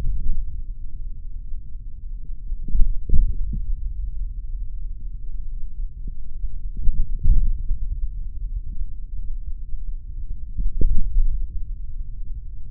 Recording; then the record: forearm muscle sounds (acoustic myography)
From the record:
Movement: hand opening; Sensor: system 3, bracelet of six PUI Audio POM-2738L microphones around the upper forearm, with dedicated amplification and filtering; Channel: 3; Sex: male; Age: 26 years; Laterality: right